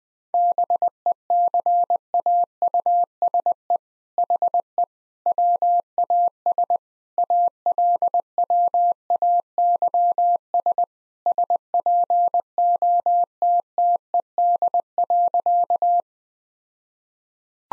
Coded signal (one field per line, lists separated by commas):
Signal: Morse code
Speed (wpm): 20 wpm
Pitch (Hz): 700 Hz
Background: none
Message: BECAUSE HE WAS ALWAYS SPOTTED.